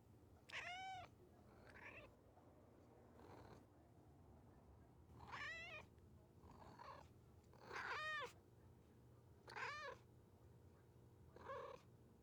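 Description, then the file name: Cat meowing repeatedly, harmonic meows roughly every one to two seconds, some short and some longer, over a low steady hum. "Misc Int Cat Meowing"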